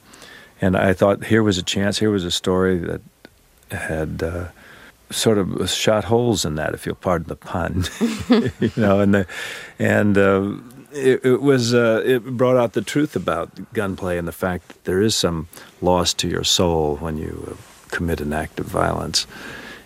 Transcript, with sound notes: and I thought here was a chance - here was a story that had sort of shot holes in that, if you'll pardon the pun...
(LAUGHTER)
You know, and it was - it brought out the truth about gunplay and the fact that there is some loss to your soul when you commit an act of violence.